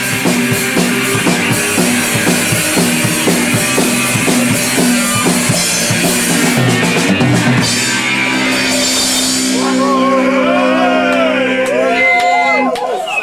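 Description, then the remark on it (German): An audience claps and cheers after a sung performance at a 2011 debut show, in a dense, sustained wash of noise, with shouting voices mixed throughout and high, sliding whoops rising in the second half. “Ein bisschen mehr Applaus habe ich jetzt schon verdient, Alter.”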